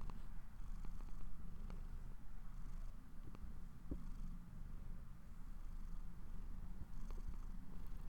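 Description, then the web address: Cat purring steadily in a low throaty drone, breath-paced swells, occasional small clicks in the background. Owner's own pet cat, purring while falling asleep. "Popuppowerbombme My Cat Purring To Sleep"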